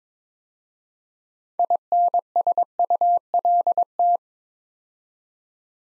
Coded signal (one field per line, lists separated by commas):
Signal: Morse code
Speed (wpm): 22 wpm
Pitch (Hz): 700 Hz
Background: none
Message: INSULT